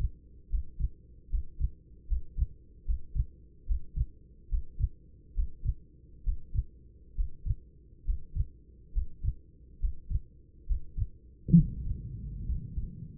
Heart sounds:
heart sounds by stethoscope; 70 bpm
0.50 s: heartbeat
1.30 s: heartbeat
2.07 s: heartbeat
2.85 s: heartbeat
3.66 s: heartbeat
4.49 s: heartbeat
5.34 s: heartbeat
6.24 s: heartbeat
7.15 s: heartbeat
8.05 s: heartbeat
8.93 s: heartbeat
9.80 s: heartbeat
10.66 s: heartbeat
11.55 s: heartbeat
12.46 s: heartbeat
From the record:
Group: healthy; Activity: breath hold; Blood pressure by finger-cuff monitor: 118/74 mmHg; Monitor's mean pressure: 87 mmHg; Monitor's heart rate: 69 bpm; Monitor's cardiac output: 6.9 L/min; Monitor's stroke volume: 98 mL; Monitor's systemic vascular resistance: 920 dyn s/cm5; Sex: male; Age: 24 years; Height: 184 cm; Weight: 89 kg

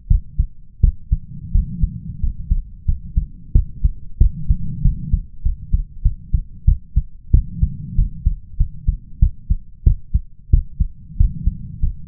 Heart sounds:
heart sounds by stethoscope; 92 bpm
0.07 s: heartbeat
0.80 s: heartbeat
1.51 s: heartbeat
2.20 s: heartbeat
2.85 s: heartbeat
3.52 s: heartbeat
4.17 s: heartbeat
4.81 s: heartbeat
5.42 s: heartbeat
6.02 s: heartbeat
6.65 s: heartbeat
7.31 s: heartbeat
7.95 s: heartbeat
8.57 s: heartbeat
9.19 s: heartbeat
9.83 s: heartbeat
10.50 s: heartbeat
11.17 s: heartbeat
11.79 s: heartbeat
From the record:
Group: healthy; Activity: rest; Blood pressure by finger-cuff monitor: 132/91 mmHg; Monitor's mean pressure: 106 mmHg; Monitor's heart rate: 93 bpm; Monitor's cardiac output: 6.8 L/min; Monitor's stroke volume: 71 mL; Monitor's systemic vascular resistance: 1180 dyn s/cm5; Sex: male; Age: 21 years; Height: 180 cm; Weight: 67.5 kg

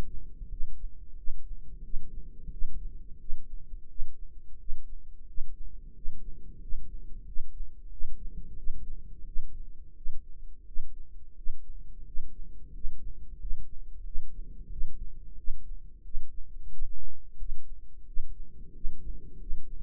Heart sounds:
heart sounds by microphone in the right ear; 89 bpm
0.47 s: heartbeat
1.14 s: heartbeat
1.81 s: heartbeat
2.49 s: heartbeat
3.17 s: heartbeat
3.86 s: heartbeat
4.56 s: heartbeat
5.24 s: heartbeat
5.92 s: heartbeat
6.58 s: heartbeat
7.24 s: heartbeat
7.88 s: heartbeat
8.55 s: heartbeat
9.24 s: heartbeat
9.93 s: heartbeat
10.63 s: heartbeat
11.33 s: heartbeat
12.03 s: heartbeat
12.70 s: heartbeat
13.37 s: heartbeat
14.02 s: heartbeat
14.68 s: heartbeat
15.35 s: heartbeat
16.02 s: heartbeat
16.69 s: heartbeat
17.36 s: heartbeat
18.03 s: heartbeat
18.71 s: heartbeat
19.37 s: heartbeat
From the record:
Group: healthy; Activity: rest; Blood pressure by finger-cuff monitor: 114/75 mmHg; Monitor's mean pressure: 88 mmHg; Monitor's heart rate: 88 bpm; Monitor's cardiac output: 7.3 L/min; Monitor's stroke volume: 83 mL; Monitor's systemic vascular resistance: 880 dyn s/cm5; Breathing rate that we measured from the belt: 10 breaths a minute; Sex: male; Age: 33 years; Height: 179 cm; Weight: 80.4 kg

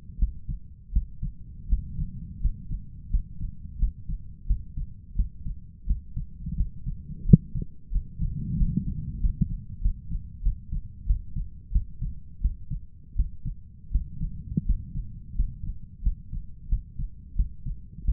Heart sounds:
heart sounds by stethoscope; 87 bpm
0.19 s: heartbeat
0.93 s: heartbeat
1.69 s: heartbeat
2.41 s: heartbeat
3.10 s: heartbeat
3.79 s: heartbeat
4.47 s: heartbeat
5.16 s: heartbeat
5.87 s: heartbeat
6.56 s: heartbeat
7.25 s: heartbeat
7.92 s: heartbeat
8.57 s: heartbeat
9.20 s: heartbeat
9.82 s: heartbeat
10.43 s: heartbeat
11.06 s: heartbeat
11.72 s: heartbeat
12.41 s: heartbeat
13.16 s: heartbeat
13.91 s: heartbeat
14.65 s: heartbeat
15.35 s: heartbeat
16.03 s: heartbeat
16.69 s: heartbeat
17.36 s: heartbeat
18.05 s: heartbeat
From the record:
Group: healthy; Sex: male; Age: 23 years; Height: 179 cm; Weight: 87 kg

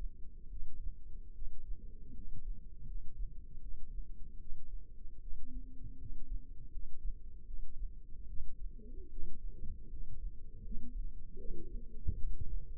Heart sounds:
heart sounds by microphone in the left ear; 77 bpm
0.49 s: heartbeat
1.34 s: heartbeat
2.13 s: heartbeat
2.86 s: heartbeat
3.60 s: heartbeat
4.38 s: heartbeat
5.19 s: heartbeat
5.97 s: heartbeat
6.70 s: heartbeat
7.45 s: heartbeat
8.26 s: heartbeat
9.09 s: heartbeat
9.89 s: heartbeat
10.62 s: heartbeat
11.37 s: heartbeat
12.17 s: heartbeat
From the record:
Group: healthy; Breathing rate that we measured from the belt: 16 breaths a minute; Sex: female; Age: 22 years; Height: 160 cm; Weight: 63 kg

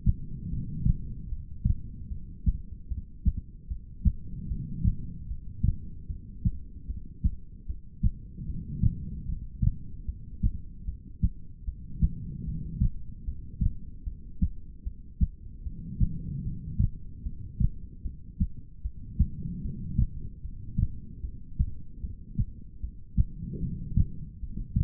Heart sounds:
heart sounds by stethoscope; 75 bpm
0.49 s: heartbeat
1.29 s: heartbeat
2.09 s: heartbeat
2.88 s: heartbeat
3.68 s: heartbeat
4.48 s: heartbeat
5.27 s: heartbeat
6.07 s: heartbeat
6.87 s: heartbeat
7.66 s: heartbeat
8.46 s: heartbeat
9.26 s: heartbeat
10.05 s: heartbeat
10.85 s: heartbeat
11.65 s: heartbeat
12.44 s: heartbeat
13.24 s: heartbeat
14.04 s: heartbeat
14.83 s: heartbeat
15.63 s: heartbeat
16.43 s: heartbeat
17.23 s: heartbeat
18.02 s: heartbeat
18.82 s: heartbeat
19.62 s: heartbeat
20.42 s: heartbeat
21.21 s: heartbeat
22.01 s: heartbeat
22.80 s: heartbeat
23.60 s: heartbeat
24.40 s: heartbeat
From the record:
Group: heart failure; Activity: rest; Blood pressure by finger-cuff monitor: 100/74 mmHg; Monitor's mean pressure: 85 mmHg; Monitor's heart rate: 75 bpm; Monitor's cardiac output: 4.5 L/min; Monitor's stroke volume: 59 mL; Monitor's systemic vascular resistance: 1380 dyn s/cm5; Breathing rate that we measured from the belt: 16 breaths a minute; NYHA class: 2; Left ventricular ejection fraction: 58%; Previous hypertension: present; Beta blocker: bisoprolol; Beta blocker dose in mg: 5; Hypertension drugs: ramipril, spironolactone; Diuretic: furosemide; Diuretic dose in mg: 160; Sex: female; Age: 55 years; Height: 155 cm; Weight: 67 kg

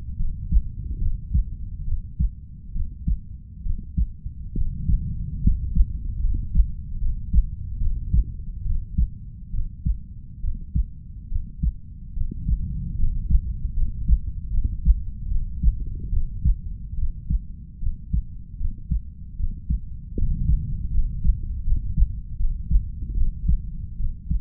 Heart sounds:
heart sounds by stethoscope; 73 bpm
0.16 s: heartbeat
0.98 s: heartbeat
1.84 s: heartbeat
2.72 s: heartbeat
3.62 s: heartbeat
4.53 s: heartbeat
5.41 s: heartbeat
6.20 s: heartbeat
6.98 s: heartbeat
7.77 s: heartbeat
8.62 s: heartbeat
9.50 s: heartbeat
10.40 s: heartbeat
11.28 s: heartbeat
12.13 s: heartbeat
12.95 s: heartbeat
13.73 s: heartbeat
14.50 s: heartbeat
15.28 s: heartbeat
16.09 s: heartbeat
16.95 s: heartbeat
17.79 s: heartbeat
18.57 s: heartbeat
19.36 s: heartbeat
20.14 s: heartbeat
20.90 s: heartbeat
21.63 s: heartbeat
22.36 s: heartbeat
23.14 s: heartbeat
23.96 s: heartbeat
From the record:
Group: healthy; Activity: rest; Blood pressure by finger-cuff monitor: 118/61 mmHg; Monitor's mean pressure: 76 mmHg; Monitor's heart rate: 74 bpm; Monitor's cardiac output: 5.9 L/min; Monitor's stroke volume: 82 mL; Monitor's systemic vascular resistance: 930 dyn s/cm5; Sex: female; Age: 32 years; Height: 168 cm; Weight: 61.9 kg

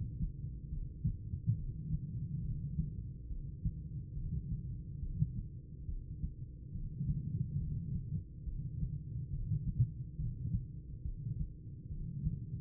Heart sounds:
heart sounds by stethoscope; 70 bpm
0.68 s: heartbeat
1.54 s: heartbeat
2.40 s: heartbeat
3.26 s: heartbeat
4.12 s: heartbeat
4.98 s: heartbeat
5.84 s: heartbeat
6.70 s: heartbeat
7.56 s: heartbeat
8.42 s: heartbeat
9.28 s: heartbeat
10.14 s: heartbeat
11.01 s: heartbeat
11.87 s: heartbeat
From the record:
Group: heart failure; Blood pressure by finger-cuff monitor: 118/62 mmHg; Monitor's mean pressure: 83 mmHg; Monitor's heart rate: 69 bpm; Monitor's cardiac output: 8.5 L/min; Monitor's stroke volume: 121 mL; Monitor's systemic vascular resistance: 730 dyn s/cm5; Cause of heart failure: idiopathic cardiomyopathy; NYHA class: 2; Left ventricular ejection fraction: 51%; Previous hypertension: present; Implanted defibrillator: present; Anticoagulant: apixaban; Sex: female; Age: 61 years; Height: 163 cm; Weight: 111 kg

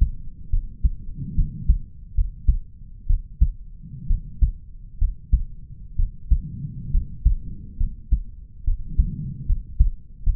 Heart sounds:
heart sounds by stethoscope; 68 bpm
0.50 s: heartbeat
1.35 s: heartbeat
2.14 s: heartbeat
3.07 s: heartbeat
4.07 s: heartbeat
4.98 s: heartbeat
5.96 s: heartbeat
6.91 s: heartbeat
7.77 s: heartbeat
8.64 s: heartbeat
9.46 s: heartbeat
10.23 s: heartbeat
From the record:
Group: healthy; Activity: rest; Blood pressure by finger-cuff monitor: 103/78 mmHg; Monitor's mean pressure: 85 mmHg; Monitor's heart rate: 66 bpm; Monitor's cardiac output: 4.6 L/min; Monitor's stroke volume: 71 mL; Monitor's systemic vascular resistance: 1330 dyn s/cm5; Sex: male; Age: 20 years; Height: 187 cm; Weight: 68.9 kg

